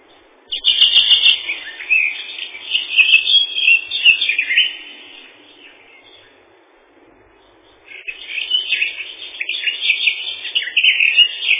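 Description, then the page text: Greenish warbler song: a rapid, jumbled burst of high twittering notes lasting several seconds, a silent pause, then another fast chattering phrase. Song described as a loud 'ti-psityu-psityu-psi-ti-ti-psi', rising higher at the end. "Зеленая пеночка — Phylloscopus trochiloides"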